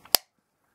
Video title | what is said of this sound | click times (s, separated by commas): Dual Lock is Sweet Stuff! | you feel that kind of just snaps into place | 0.2 s